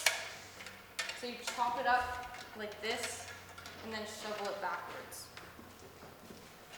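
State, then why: Seated. A two-part avalanche shovel, a blade and a handle shaft, is put together with two clips, the handle shaft seating into the shovel blade. A sharp click is heard at 0.1 s as the parts join, and then someone talks. The shovel is seated and assembled.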